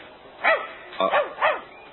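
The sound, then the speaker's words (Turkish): A dog barks three times in a loose rhythm as it comes toward someone, each bark a sharp, mid-pitched burst with a slight whining edge, standing out clearly over a quiet background. “Bu köpek bana doğru geliyor.”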